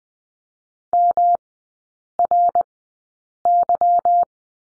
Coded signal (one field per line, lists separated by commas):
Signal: Morse code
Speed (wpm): 20 wpm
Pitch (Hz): 700 Hz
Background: none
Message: MRY